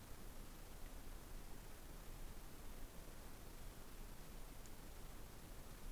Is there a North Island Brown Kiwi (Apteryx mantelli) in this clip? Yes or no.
no